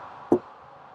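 The hinged cargo-area floor cover over the accessory battery in the rear cargo area of a 2023-2026 Lexus UX is lowered and pressed back into place. A single sharp click sounds at 0.3 s over a steady low background hiss. The cover snaps and latches into place.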